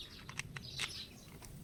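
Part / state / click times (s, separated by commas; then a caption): guide bar hole onto the chain tensioner pin of a cordless pruning saw / seated / 0.4 s, 0.6 s. The guide bar of a cordless pruning saw is pushed so that its hole goes onto the chain tensioner pin while the chain and bar are being refitted. Short, sharp clicks sound at 0.4 and 0.6 seconds, with a brief scraping rustle around 0.8 seconds. The bar seats onto the pin with a click.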